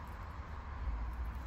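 A small plastic wiring-harness plug is handled as it is pushed toward the Y-splitter adapter behind the center console of a Tesla Model 3, Highland or Y. Only a steady low rumble with faint handling noise is heard, with no distinct transients. Nothing has seated or clicked yet.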